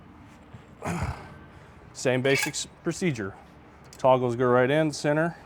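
Someone talks while a Short Final Fabrication Tundra Tire wheel puller is handled, its center probe being positioned to push through the wheel bearing race so the spring-loaded metal toggles can snap into the aluminum wheel casting. A brief handling rustle is heard near 1.0 s between stretches of speech. Nothing has seated or clicked yet; the toggles are not home by the end.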